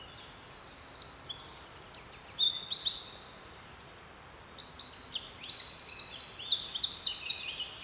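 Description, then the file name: Eurasian wren song: a long, loud, very high outpouring of thin whistles broken by several fast machine-gun trills, lasting about seven seconds. "Troglodytes troglodytes"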